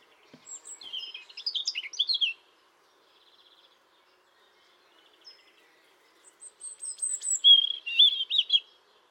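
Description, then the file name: European robin singing two separate phrases several seconds apart, each a rapid jumble of high, sweet twittering notes mixed with thin whistles, with quiet pauses between. "Erithacus rubecula"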